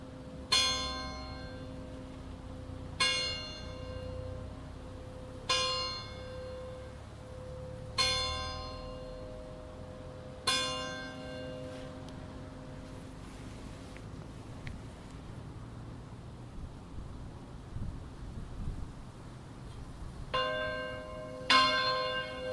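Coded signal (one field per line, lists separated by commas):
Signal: clock strike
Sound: five slow church bell strokes ringing out, a pause, then further bell strokes begin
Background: outdoor ambience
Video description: Battiore e distesa della grande (dura 2 minuti) delle 12:00 per l'Angelus feriale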